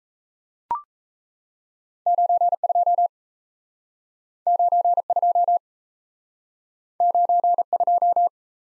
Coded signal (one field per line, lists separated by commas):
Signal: Morse code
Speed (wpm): 37 wpm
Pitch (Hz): 700 Hz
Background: none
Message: 92 92 92